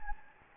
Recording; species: mosquito wingbeat signal from an infrared sensor; Anopheles gambiae